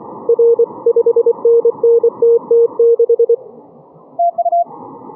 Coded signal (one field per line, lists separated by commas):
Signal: Morse code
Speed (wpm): 24 wpm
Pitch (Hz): 470 Hz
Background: none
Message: R 5NNTT6